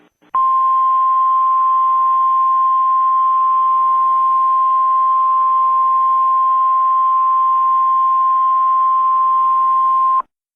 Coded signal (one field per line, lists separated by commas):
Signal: Emergency Alert System (SAME) tones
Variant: 1050 Hz attention tone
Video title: EAS in Movies: "Battle: Los Angeles"